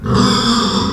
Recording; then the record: squeal of a Yucatan mini pig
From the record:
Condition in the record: after surgery on the right vocal fold (resection and tissue-engineered implant); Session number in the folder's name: 16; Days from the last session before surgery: 183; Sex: female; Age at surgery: 19 weeks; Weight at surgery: 25 kg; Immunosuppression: prednisolone